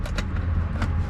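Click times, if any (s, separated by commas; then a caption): none. A plastic trim cover over the Fitcam X dash camera wiring at the mirror mount of a 2019-2025 Toyota RAV4 is handled and slid straight in over the tucked wires. Brief plastic handling knocks sound over a steady low vehicle hum, with the sharpest ones near 0.2 s and 0.8 s. Nothing has seated or clicked yet; the cover is not yet home.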